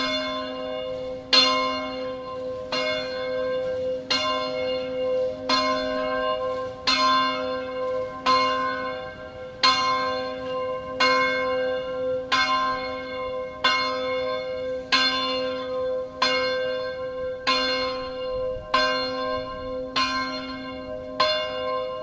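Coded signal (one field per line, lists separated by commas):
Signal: bell signal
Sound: a single church bell tolling steadily, about sixteen even strokes with long ringing overtones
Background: outdoor ambience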